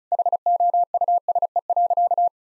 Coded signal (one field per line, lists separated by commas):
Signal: Morse code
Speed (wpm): 36 wpm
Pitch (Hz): 700 Hz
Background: none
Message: HOUSE.